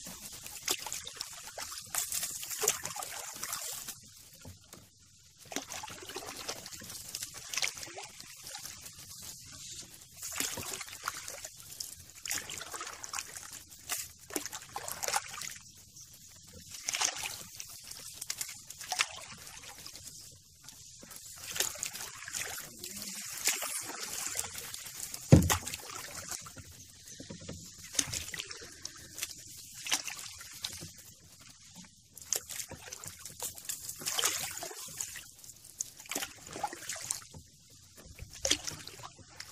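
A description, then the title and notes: A canoe drifts on a lazy river, water trickling and sloshing in soft, uneven bursts that rise and fall every few seconds with brief quiet gaps. One sharper knock or splash stands out around 25 seconds, and the watery hiss stays bright and light throughout. Canoe In River. A CANOE IN LAZY RIVER.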